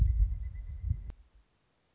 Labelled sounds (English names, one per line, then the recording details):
Pileated Woodpecker
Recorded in Sonoma County, California